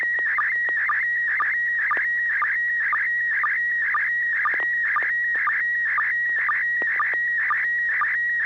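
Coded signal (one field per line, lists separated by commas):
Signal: SSTV (slow-scan television)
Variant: PD120 mode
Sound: warbling tone around 1.5-2.3 kHz with a short low blip twice a second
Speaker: ai 60g you're the first one i heard would you uh are you ready to send an image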